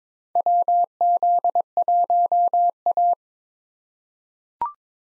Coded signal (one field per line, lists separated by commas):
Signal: Morse code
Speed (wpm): 22 wpm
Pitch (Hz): 700 Hz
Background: none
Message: WZ1A